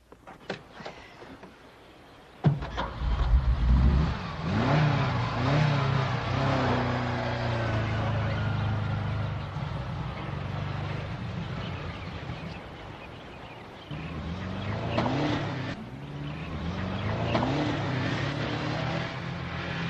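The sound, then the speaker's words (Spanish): In a Spanish-dubbed film scene, after a quiet start, a car engine roars to life and revs, its pitch climbing and falling in sweeps, then surges again later as the car drives on steadily. The car belongs to a friend met at the club. “Dime de quién era ese auto”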